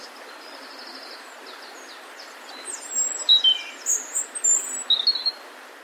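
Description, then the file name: European robin song: a faint high trill, then clearer thin, sharp whistles and glissading notes in the second half, with soft hiss throughout. "Erithacus rubecula"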